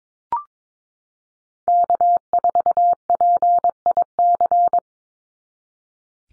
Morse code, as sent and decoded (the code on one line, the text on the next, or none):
-.- ....- .--. .. -.-.
K4PIC